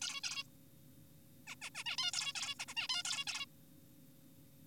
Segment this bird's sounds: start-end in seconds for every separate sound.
0.02-0.20, 0.24-0.44, 1.47-1.55, 1.62-1.70, 1.75-1.84, 1.86-1.97, 1.98-2.11, 2.14-2.33, 2.35-2.55, 2.59-2.65, 2.68-2.75, 2.77-2.88, 2.89-3.03, 3.05-3.25, 3.27-3.46